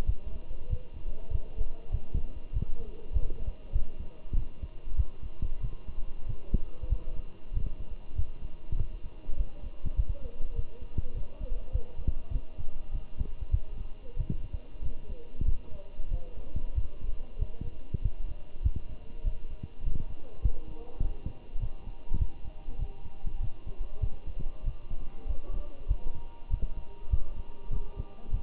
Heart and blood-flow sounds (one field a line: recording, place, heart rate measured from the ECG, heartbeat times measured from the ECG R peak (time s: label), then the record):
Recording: heart sounds by stethoscope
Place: between the tricuspid and mitral areas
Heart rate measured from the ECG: 98 bpm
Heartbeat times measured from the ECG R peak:
0.07 s: heartbeat
0.70 s: heartbeat
1.32 s: heartbeat
1.92 s: heartbeat
2.53 s: heartbeat
3.14 s: heartbeat
3.73 s: heartbeat
4.36 s: heartbeat
4.97 s: heartbeat
5.62 s: heartbeat
6.27 s: heartbeat
6.90 s: heartbeat
7.54 s: heartbeat
8.16 s: heartbeat
8.77 s: heartbeat
9.38 s: heartbeat
9.97 s: heartbeat
10.56 s: heartbeat
11.15 s: heartbeat
11.73 s: heartbeat
12.33 s: heartbeat
12.93 s: heartbeat
13.52 s: heartbeat
14.17 s: heartbeat
14.83 s: heartbeat
15.46 s: heartbeat
16.11 s: heartbeat
16.76 s: heartbeat
17.39 s: heartbeat
18.02 s: heartbeat
18.64 s: heartbeat
19.24 s: heartbeat
19.84 s: heartbeat
20.43 s: heartbeat
21.02 s: heartbeat
21.60 s: heartbeat
22.19 s: heartbeat
22.79 s: heartbeat
23.41 s: heartbeat
24.01 s: heartbeat
24.65 s: heartbeat
25.28 s: heartbeat
25.89 s: heartbeat
26.51 s: heartbeat
27.11 s: heartbeat
27.71 s: heartbeat
28.31 s: heartbeat
From the record:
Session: walking at 3.7 km/h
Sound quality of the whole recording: good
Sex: male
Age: 23 years